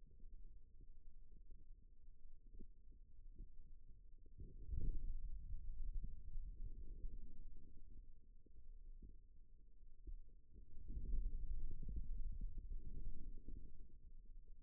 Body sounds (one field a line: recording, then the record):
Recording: forearm muscle sounds (acoustic myography)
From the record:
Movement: radial deviation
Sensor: system 2, bracelet of six BSWA MPA416 microphones around the upper forearm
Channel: 1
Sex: male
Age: 22 years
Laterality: right